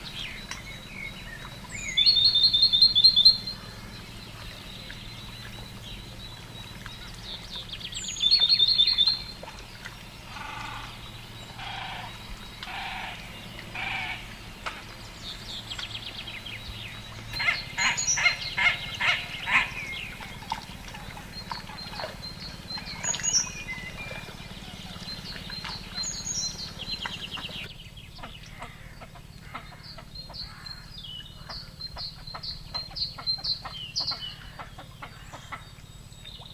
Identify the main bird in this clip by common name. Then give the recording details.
Great Tit. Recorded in the wild. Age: adult. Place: Ossiach, AT. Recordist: Brunner, Thomas. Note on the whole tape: Aufgenommen am Ossiachersee